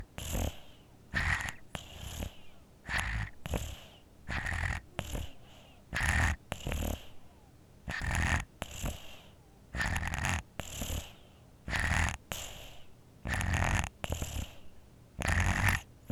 Baby Infant Sleeps Snores With a Cold Congested.